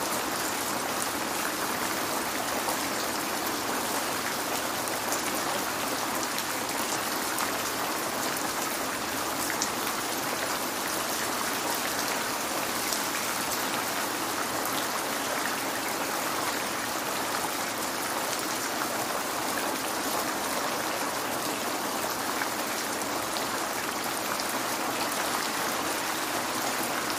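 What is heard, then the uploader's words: Steady rain hisses without a break for the whole stretch, dense and even with no change in level. The sound is bright, full of fine crackling drops, with little low rumble underneath and no other sounds standing out. Noise of Rain.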